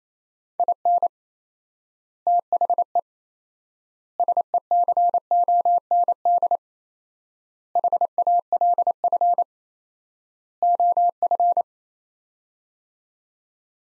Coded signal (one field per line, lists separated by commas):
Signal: Morse code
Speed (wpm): 28 wpm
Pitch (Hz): 700 Hz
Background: none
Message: IN THE SECOND HALF OF